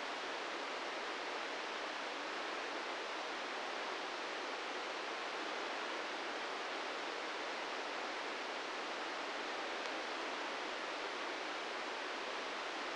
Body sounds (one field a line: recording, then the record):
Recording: brain microelectrode recording played as sound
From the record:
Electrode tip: inside the subthalamic nucleus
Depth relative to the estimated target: -1 mm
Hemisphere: left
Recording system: NeuroSet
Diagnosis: Parkinson's disease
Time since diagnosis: 13 years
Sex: male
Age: 66 years